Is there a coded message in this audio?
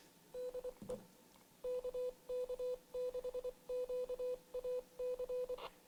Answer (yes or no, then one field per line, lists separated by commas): yes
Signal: Morse code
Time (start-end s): 0.4-5.6 s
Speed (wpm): 24 wpm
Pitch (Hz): 500 Hz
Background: none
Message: DE KK6QAC